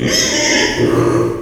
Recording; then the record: squeal of a Yucatan mini pig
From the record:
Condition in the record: before surgery on the right vocal fold (resection and tissue-engineered implant); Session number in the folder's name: 1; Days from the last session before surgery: -3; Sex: male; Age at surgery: 12 weeks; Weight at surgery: 13 kg